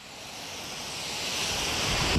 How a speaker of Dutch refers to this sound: Dit is een drukke afslag richting het Gelredome in Arnhem. Zo'n 2 uur voorafgaand aan de wedstrijd van Vitesse tegen FC Volendam.